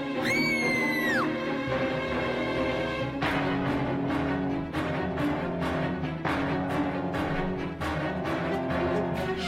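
A high, wailing scream rises and bends at the start, then gives way to a dense, loud roar with repeated sharp crackles and snaps throughout, like a raging fire.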